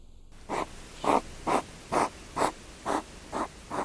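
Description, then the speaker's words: European hedgehog huffing: eight short, breathy puffs or snorts repeated roughly every half second, steady and rhythmic over a quiet background. Recorded in late June at Kumlinge, Åland; a smaller hedgehog huffed, snorted and snapped at a larger one circling it, interpreted as a male courting an uncooperative female; watched 45 minutes without progress. "viikon luontoäänenä puhisee siili. Tämä tuhina on äänetetty kesäkuun lopulla Ahvenanmaalla Kumlingessa."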